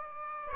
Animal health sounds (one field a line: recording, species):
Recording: mosquito wingbeat signal from an infrared sensor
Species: Aedes aegypti